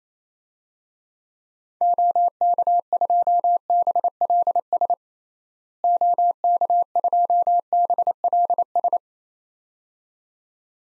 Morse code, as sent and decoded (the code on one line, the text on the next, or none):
--- -.- ..--- -... .-.. ... / --- -.- ..--- -... .-.. ...
OK2BLS OK2BLS